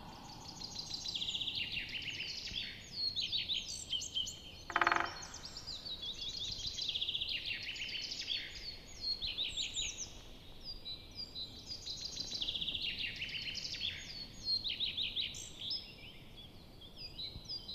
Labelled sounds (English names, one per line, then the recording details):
Great Spotted Woodpecker drumming
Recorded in the wild
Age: adult
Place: Goriner Forst, Naturpark Barnim, Brandenburg, DE
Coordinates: 52.7038, 13.4911
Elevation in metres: 77
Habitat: deciderous forest
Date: 2014-04-27
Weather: cloudy, 15°C, weak wind
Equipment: Sound Devices 702, Sennheiser MKH 70, Rycote Windschutz
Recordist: Frommolt, Karl-Heinz